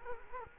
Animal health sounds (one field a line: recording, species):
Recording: mosquito wingbeat signal from an infrared sensor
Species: Culex quinquefasciatus